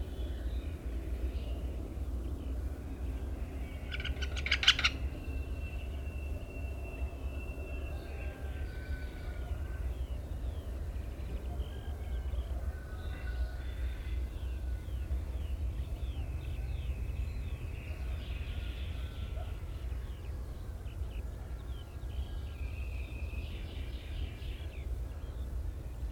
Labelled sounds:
Syrian Woodpecker call

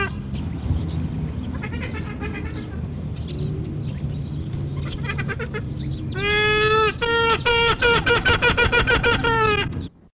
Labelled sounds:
Trumpeter Hornbill call

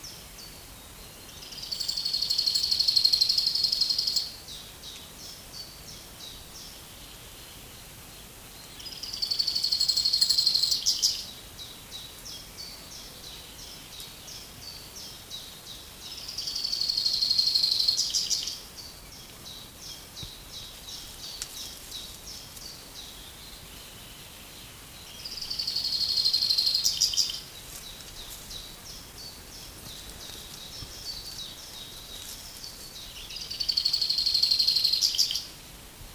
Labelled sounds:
Common Chaffinch

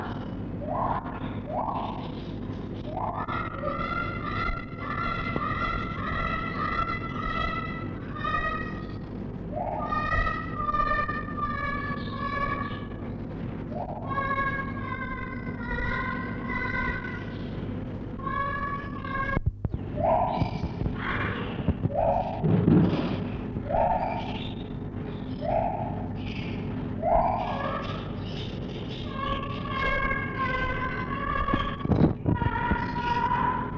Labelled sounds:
Lar Gibbon

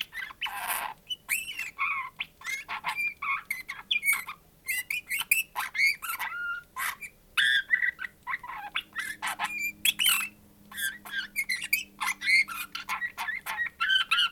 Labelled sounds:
Eurasian Bullfinch song

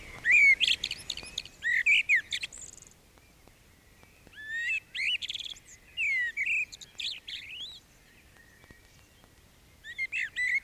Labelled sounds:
Common Blackbird song

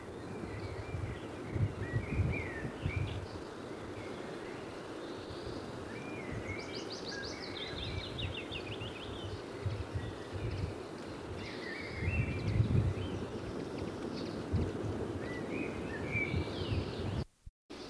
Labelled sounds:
Lesser Whitethroat song

